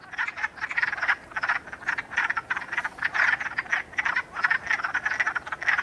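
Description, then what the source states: Wood frogs calling in a chorus: dense overlapping clucking croaks in quick bursts, several calls each second throughout, no other sounds clear. Wood frogs calling in spring.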